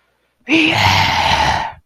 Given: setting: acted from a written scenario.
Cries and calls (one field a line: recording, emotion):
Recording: vocal sound without words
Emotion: triumph